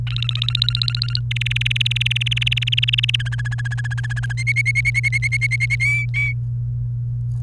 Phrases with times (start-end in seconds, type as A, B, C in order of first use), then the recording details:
0.07-1.20 A, 1.31-3.16 B, 3.19-4.33 C, 4.37-5.75 D, 5.80-6.34 E. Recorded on 30 April 2018 at 07:07. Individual llb3